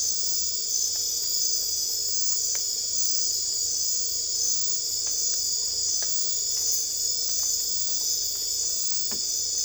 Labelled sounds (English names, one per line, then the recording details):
none
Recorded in dense forest near Puerto Asís, Putumayo, Colombia, on 22 December 2024 at 23:30
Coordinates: 0.482, -76.320
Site G021